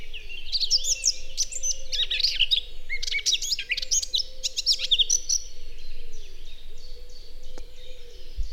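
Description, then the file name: Eurasian blackcap song, a dense run of quick, varied warbling notes in the first five seconds, fading into softer twitters, over a low, repeated droning hum. "Sylvia atricapilla"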